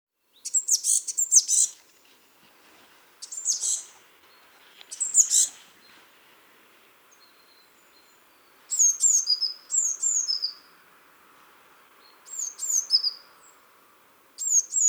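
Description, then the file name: Eurasian blue tit calls: high, scratchy bursts early on, then clusters of thin, descending high-pitched notes separated by short pauses. "Cyanistes caeruleus"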